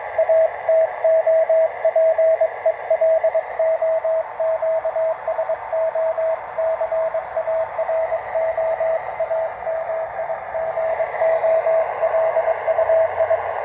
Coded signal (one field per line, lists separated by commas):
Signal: Morse code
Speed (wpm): 22 wpm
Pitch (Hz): 650 Hz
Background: radio noise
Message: A TO PELO QSO CARO AMIGO LUI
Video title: PY3DU E SEU QRP CHEGA BEM LONGE #py1ax